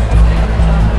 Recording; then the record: background sound without coughing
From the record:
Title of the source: Party Noise 1 Hour Party Ambience